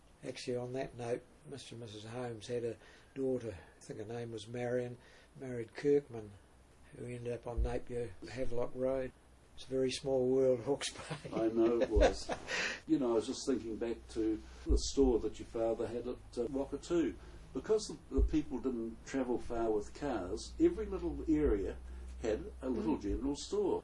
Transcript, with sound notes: Actually on that note, Mr & Mrs Holmes had a daughter, I think her name was Marion, married Kirkman, who ended up on Napier/Havelock Road. It’s a very small world Hawke’s Bay. [Chuckle] I was just thinking back to the store that your father had at Whakatu – because the people didn’t travel far with cars, every little area had a little general store.